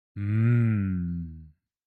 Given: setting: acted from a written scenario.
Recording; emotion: vocal sound without words; romantic love